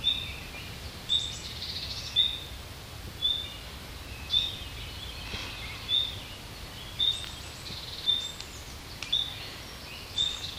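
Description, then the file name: Common nightingale repeating a thin high whistle about once a second, many in a row. "Luscinia megarhynchos"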